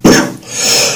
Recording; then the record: coughing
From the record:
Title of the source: Spring Cold Coughing 3